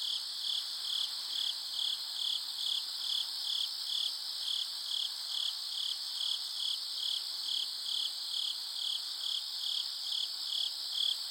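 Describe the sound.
Cricket chirping: a steady, high-pitched pulsed trill in short regular bursts, about two each second, continuing throughout.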